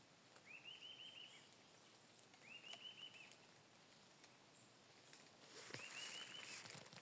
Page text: Suirirí Silbón (Sirystes sibilator). Santiago Juan Torres